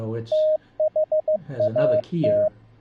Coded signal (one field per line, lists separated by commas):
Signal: Morse code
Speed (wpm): 15 wpm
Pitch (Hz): 620 Hz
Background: speech, radio noise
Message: THAT